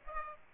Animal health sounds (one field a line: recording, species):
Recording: mosquito wingbeat signal from an infrared sensor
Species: Aedes aegypti